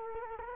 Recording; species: mosquito wingbeat signal from an infrared sensor; Culex quinquefasciatus